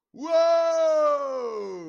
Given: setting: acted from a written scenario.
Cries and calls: vocal sound without words; triumph

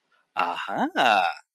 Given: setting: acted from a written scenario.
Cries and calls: vocal sound without words; realization

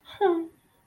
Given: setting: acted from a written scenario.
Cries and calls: vocal sound without words; sadness

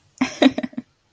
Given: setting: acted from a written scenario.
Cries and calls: vocal sound without words; amusement

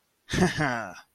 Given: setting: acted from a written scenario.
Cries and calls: vocal sound without words; pride

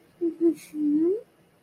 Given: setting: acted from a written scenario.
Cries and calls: vocal sound without words; romantic love

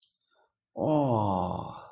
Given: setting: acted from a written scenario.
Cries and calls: vocal sound without words; embarrassment

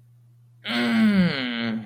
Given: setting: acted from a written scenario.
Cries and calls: vocal sound without words; pain

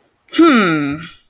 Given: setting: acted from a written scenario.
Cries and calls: vocal sound without words; confusion

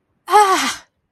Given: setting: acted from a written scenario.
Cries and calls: vocal sound without words; distress

